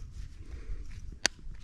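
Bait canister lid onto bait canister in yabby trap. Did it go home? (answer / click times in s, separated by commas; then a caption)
yes / 1.3 s. The plastic lid of the bait holder in a yabby trap, with a sardine tin inside, is pressed down onto the bait canister. A sharp, bright click at 1.3 s stands out over low background rumble, and a faint tap follows at about 1.6 s. The lid latches shut.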